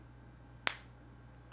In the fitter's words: snap right in on its own which i appreciate i think it's a very nice feature to have okay